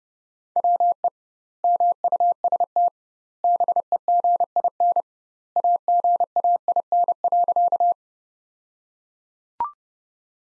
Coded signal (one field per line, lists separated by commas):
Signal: Morse code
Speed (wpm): 30 wpm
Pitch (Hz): 700 Hz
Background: none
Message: WE MUST BEGIN AGAIN.